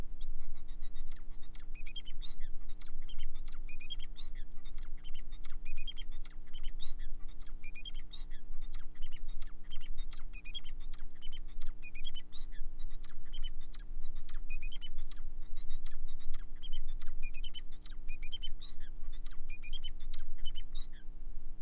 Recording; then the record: song of a male Bengalese finch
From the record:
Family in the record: son of father 4